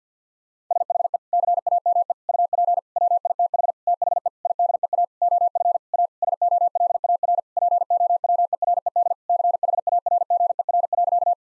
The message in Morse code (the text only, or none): SHE CAME UP WITH THE IDEA OF A SOLAR POWERED CHARGER.